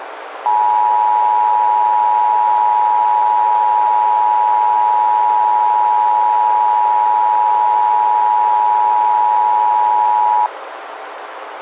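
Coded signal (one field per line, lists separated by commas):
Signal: Emergency Alert System (SAME) tones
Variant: 853 and 960 Hz attention tone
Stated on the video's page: Fictional EAS scenario, analog horror, using valid EAS tones.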